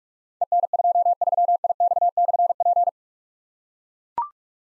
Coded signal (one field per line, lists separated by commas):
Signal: Morse code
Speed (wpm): 44 wpm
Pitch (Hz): 700 Hz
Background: none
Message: EN23IX/P